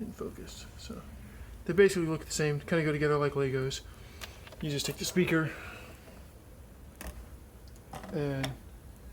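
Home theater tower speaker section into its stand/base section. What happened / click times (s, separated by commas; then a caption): The speaker section is handled but not yet locked into its stand / none. Someone talks while handling a tower speaker section from a Samsung HT-E6730W 7.1-channel 1330-watt Blu-ray home theater system, lining it up with its matching stand/base section, which fits together like Lego. A few brief handling knocks come near 7.0 and 7.7 seconds. The speaker section has not seated or clicked into the stand yet.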